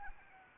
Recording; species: mosquito wingbeat signal from an infrared sensor; Anopheles arabiensis